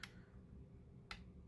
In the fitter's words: Oh, and you hear that click, so it's nice and solid in there.